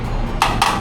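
A door lock on a rental room door is turned a certain way to lock it, giving a sharp wooden knock at 0.4 s, then two smaller knocks at 0.6 s and 0.8 s. The lock latches at 0.4 s, and it is confirmed locked.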